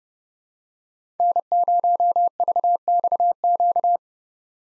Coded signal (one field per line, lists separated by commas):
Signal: Morse code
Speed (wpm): 32 wpm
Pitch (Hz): 700 Hz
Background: none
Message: N0VXQ